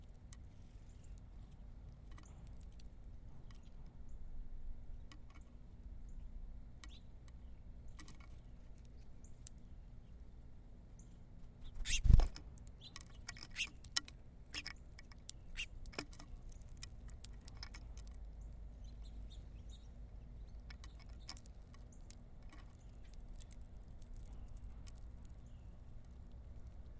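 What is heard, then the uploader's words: Birds scratch and peck at a feeder in quick irregular clicks and taps, with a sharp loud knock around twelve seconds over a low steady hum. Birds Feeding. Sounds of claws scratching, beaks pecking, wings fluttering, seeds dropping. Birds & microphones on feeder Carrollton, OH December 2017 DPA 4060 mic pair -> Sound Devices MixPre 3.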